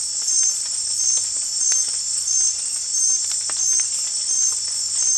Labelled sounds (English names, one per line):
none